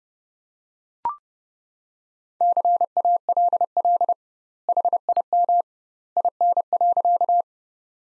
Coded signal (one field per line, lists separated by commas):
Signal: Morse code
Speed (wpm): 32 wpm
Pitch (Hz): 700 Hz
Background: none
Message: CALL HIM IN.